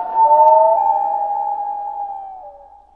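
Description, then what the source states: Common Loon call: a long, steady, haunting whistled note with a lower tone below it, slowly fading away at the end. Beloved bird of the northern US states, including New England, northern Minnesota and Michigan, and of Canada; one of its calls.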